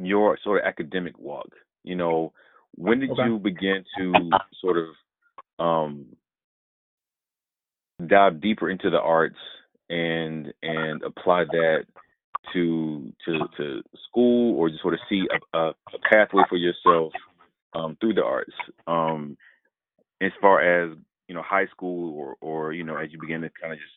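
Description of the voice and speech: An adult man speaks fluently in a relaxed, conversational way, with ordinary pauses and filler words.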